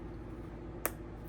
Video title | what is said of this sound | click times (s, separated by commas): How to Assemble Your First Tote and Learn Essential Rivet Skills for Life | You hear that? And now it's secure. | 0.9 s